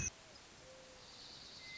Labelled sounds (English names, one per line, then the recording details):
Western Meadowlark
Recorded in Sonoma County, California